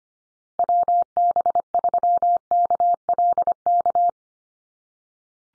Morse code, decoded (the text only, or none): WB3KLK